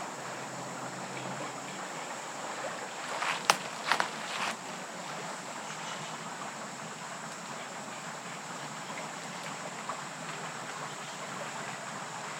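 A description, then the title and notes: A bubbling stream rushes steadily in the woods, with a short burst of sharp cracks and rustles around three and a half to four seconds. West Michigan Woods and Stream. An early evening walk through the lively woods and along the bubbling stream as animals move all around.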